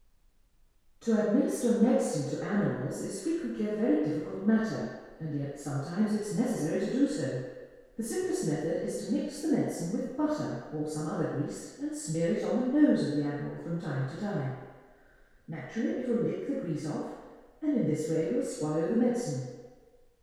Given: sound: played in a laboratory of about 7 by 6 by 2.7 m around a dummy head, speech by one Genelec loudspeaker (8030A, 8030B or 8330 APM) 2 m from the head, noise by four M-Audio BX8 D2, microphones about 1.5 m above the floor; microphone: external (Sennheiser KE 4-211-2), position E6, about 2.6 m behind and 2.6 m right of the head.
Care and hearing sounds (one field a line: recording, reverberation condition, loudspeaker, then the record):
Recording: female speech in English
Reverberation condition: high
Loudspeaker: 120 degrees to the right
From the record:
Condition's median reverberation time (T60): about 1300 ms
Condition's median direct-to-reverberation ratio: about -4.0 dB